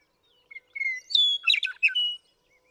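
Western meadowlark delivering its song: two short whistles, a longer clear whistle, then a quick, liquid, gurgling cascade finishing with a level whistled note.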